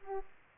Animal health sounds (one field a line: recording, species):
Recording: mosquito wingbeat signal from an infrared sensor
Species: Aedes aegypti